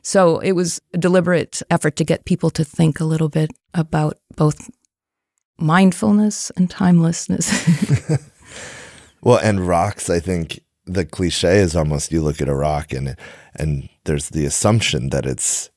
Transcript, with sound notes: so it was a deliberate effort to get people to think a little bit about both mindfulness and timelessness.
[Laughter] Well, and rocks. I think the cliché is almost, you look at a rock and there’s the assumption that it’s